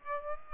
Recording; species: mosquito wingbeat signal from an infrared sensor; Aedes aegypti